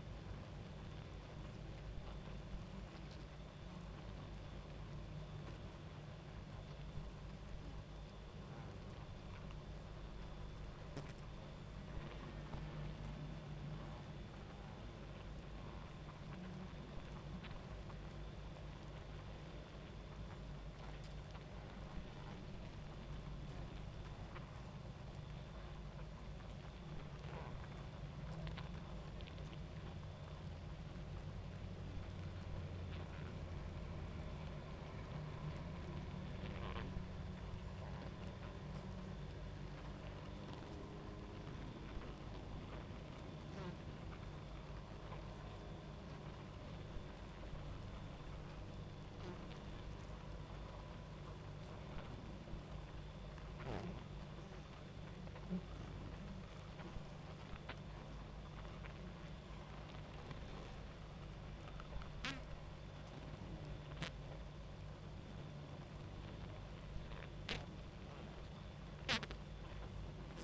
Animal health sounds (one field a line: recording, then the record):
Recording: honeybee colony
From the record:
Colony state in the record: active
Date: 28 July 2017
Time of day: 23:48